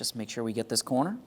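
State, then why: Not seated. The last corner of the plastic mirror trim (mirror cap) on a 2015-2019 Subaru Outback is being handled against the side mirror housing while someone talks. Nothing has seated or clicked yet; the clip ends just before the corner snaps home.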